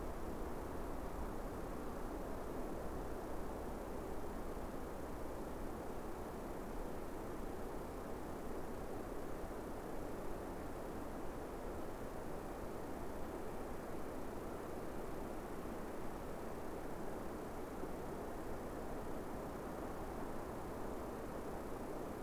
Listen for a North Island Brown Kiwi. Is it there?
no